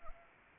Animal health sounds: mosquito wingbeat signal from an infrared sensor; Anopheles arabiensis

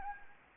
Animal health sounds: mosquito wingbeat signal from an infrared sensor; Anopheles gambiae

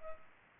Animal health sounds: mosquito wingbeat signal from an infrared sensor; Culex pipiens

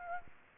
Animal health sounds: mosquito wingbeat signal from an infrared sensor; Aedes aegypti

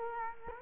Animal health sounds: mosquito wingbeat signal from an infrared sensor; Culex quinquefasciatus

